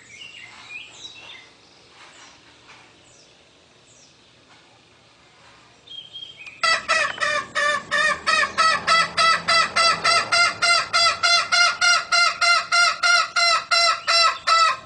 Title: Suara Ayam Hutan Betina. suara ayam hutan hijau